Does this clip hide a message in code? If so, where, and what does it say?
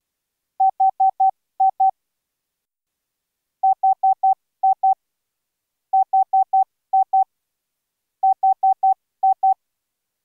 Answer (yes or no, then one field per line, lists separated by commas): no